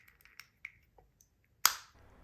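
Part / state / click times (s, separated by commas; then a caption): plastic model tank turret/top part into the hull of a snap-fit kit / seated / 1.7 s. A cleaned-up plastic turret-and-top part of a 1/100 scale Maus tank snap-fit model kit is pressed onto the hull. A few faint clicks and light plastic ticks come first, then a sharp, loud click at 1.6 s as the part snaps into place and seats.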